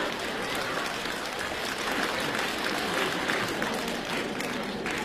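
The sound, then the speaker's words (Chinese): An audience claps steadily for several seconds after a song is sung on stage, a dense, even patter of many hands that holds at a constant level with no voices rising above it. “各位还鼓掌呢啊？”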